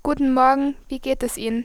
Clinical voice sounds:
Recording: spoken sentence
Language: German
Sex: female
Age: 18 to 19 years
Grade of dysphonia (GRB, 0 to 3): 0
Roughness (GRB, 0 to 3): 0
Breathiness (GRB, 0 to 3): 0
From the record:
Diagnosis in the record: healthy voice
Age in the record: 18 years

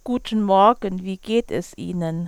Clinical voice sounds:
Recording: spoken sentence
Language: German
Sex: female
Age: 40 to 49 years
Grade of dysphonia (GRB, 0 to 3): 0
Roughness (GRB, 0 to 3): 0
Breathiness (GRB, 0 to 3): 0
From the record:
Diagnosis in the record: hyperfunctional dysphonia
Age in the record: 46 years

